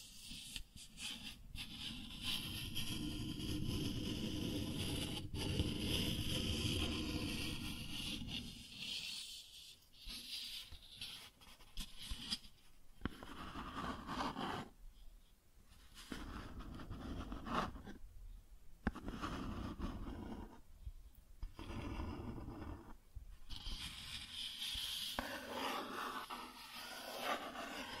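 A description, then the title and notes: Cardboard is scratched and rubbed in a dense, rough rasp for ten seconds, then continues in shorter scraping strokes separated by brief pauses. Cardboard Scratching, Tracing, Tearing.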